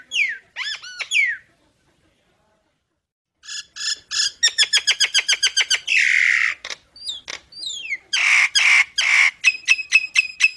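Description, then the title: Nias hill myna song: loud clear whistles, then a long gap, then rapid repeated metallic notes, a harsh rasping burst and more whistled notes. Songbird used as training material for other songbirds; it sings constantly ('gacor') with a very loud voice ('super gledek'). "Burung Jalak Nias Gacor Suara Super Gledek Untuk Masteran"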